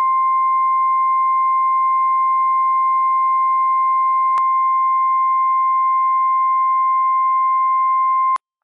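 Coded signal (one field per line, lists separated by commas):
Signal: Emergency Alert System (SAME) tones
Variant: 1050 Hz attention tone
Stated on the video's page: Required weekly test from the NWS in Pendleton, Oregon, carried by a NOAA weather radio station, using operational EAS tones.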